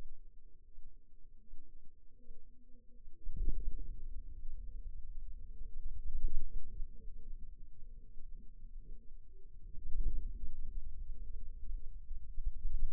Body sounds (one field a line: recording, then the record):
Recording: forearm muscle sounds (acoustic myography)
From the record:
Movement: radial deviation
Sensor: system 2, bracelet of six BSWA MPA416 microphones around the upper forearm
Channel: 1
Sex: female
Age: 23 years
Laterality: right